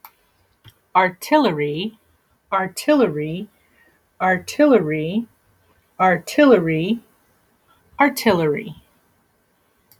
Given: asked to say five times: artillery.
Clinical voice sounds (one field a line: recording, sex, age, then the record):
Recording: repeated word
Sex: female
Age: 40 to 49 years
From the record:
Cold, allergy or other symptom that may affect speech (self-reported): no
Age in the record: 46 years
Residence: California, United States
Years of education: 13